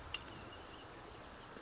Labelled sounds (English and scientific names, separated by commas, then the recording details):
California Towhee (Melozone crissalis)
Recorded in Sonoma County, California